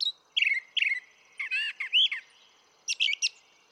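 Brown thrasher song with doubled downslurred whistles, then buzzy rising notes and a scratchy closing burst, with short pauses between phrases.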